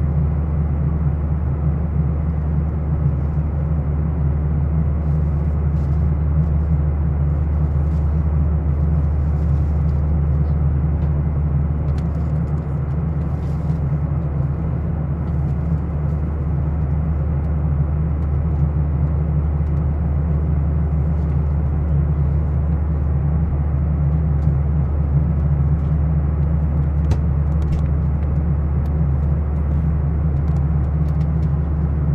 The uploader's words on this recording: AIRPLANE! It is about halfway through the flight. A stereo recording on an airplane from New York to St. Louis on a Boeing 737-300.